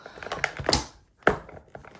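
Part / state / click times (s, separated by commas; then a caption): steam mop handle into main body socket / seated / 1.3 s. The plastic handle section of a Vax Steam Fresh Combi Classic steam mop is pushed into the socket on the mop body, with a run of scraping and knocking handling sounds first. A single sharp click at 1.3 s marks the handle locking into place, and it is seated. Quieter handling noises follow.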